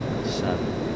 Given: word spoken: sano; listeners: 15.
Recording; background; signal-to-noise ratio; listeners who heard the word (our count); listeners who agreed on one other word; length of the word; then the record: one Spanish word in noise, from a listening test; speech-shaped noise; -4.8 dB; 0 of 15; 10 of 15; 0.56 s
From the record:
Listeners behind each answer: 10, 1, 1, 1, 1, 1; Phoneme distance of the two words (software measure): 17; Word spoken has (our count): 2 syllables, 4 phonemes, stress on syllable 1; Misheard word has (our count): 1 syllable, 3 phonemes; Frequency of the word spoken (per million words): 15.64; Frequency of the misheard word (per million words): 79.15